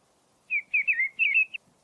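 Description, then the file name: Mistle thrush song, one clear whistled phrase of about a second, several linked slurred notes rising and falling, with faint low background rumble. "grive-draine-timo s"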